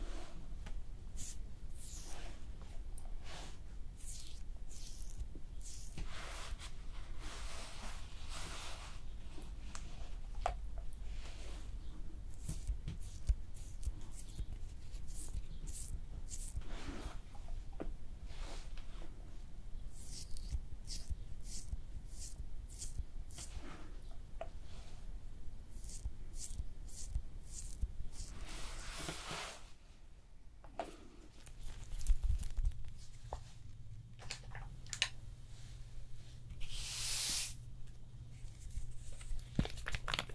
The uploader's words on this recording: ASMR Relaxing Hand Massage, Nail Care & Art No Talking (Layered Sounds).